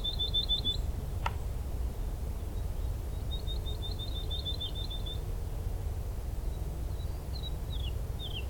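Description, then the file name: Woodlark singing rapid trilled runs of high notes, then a few falling slurs; one sharp click early on, with low steady rumble underneath. Recorded on 16 March 2023 along a lower path. "Alouettes-lulu 2023-03-16 sentier bas"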